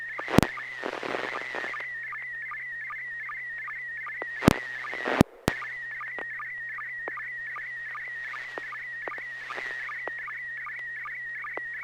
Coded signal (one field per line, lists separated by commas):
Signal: SSTV (slow-scan television)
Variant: PD 50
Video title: N6NA SSTV Net - 09/01/2021